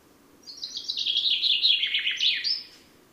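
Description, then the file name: Common chaffinch song: a single descending series of sweet notes ending in a brief upward flourish, with nothing else clearly heard. "Fringilla coelebs"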